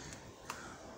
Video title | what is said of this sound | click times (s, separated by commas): Bryton Rider 420 GPS Cycling Computer Mini Review | so you're Trisha until you get a little click so it does clicking just makes it a bit firmer this | 0.5 s